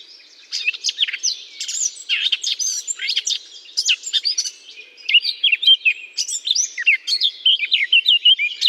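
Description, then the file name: Eurasian blackcap song, a continuous fast warble mixing fluty whistles and chattering notes. Singing from a holly bush. "chant de fauvette a tete noire dans houx"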